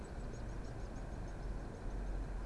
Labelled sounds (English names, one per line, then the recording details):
Mallard
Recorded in Germany
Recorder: ecoPi